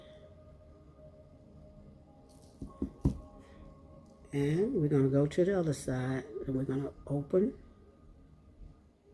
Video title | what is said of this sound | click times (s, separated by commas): how i use the 1- step wire loopers to make a beaded wire bracelet! thumbs up & suncribe!! | close it black make sure you hear it click | 3.0 s